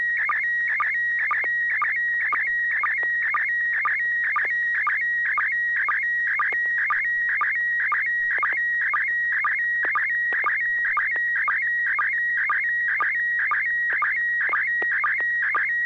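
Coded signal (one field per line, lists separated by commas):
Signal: SSTV (slow-scan television)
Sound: steady warbling whistle near 2 kHz with short low chirps about twice a second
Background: low hum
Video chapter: i got a good copy very few uh paper uh splashes around because of the white background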